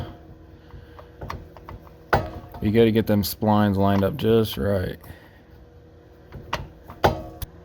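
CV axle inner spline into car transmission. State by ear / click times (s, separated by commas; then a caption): seated / 7.0 s. Someone talks while the splined inner end of a driver-side CV axle half shaft on a Honda Accord/Acura TL is worked and pushed into the transmission, with scattered small knocks and a sharp clunk around 2.1 s. After the splines line up, the axle's retaining clip clicks into place at 7.0 s, seating the axle in the transmission.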